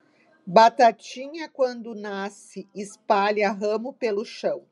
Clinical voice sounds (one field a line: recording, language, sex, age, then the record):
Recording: short text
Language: Brazilian Portuguese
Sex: female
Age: 50 to 59 years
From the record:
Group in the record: control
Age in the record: 58 years